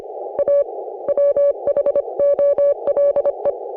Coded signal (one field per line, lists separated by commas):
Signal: Morse code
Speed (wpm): 26 wpm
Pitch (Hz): 560 Hz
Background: none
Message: A WHOLE